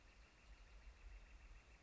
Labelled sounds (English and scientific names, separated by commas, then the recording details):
Northern Flicker (Colaptes auratus)
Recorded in Sonoma County, California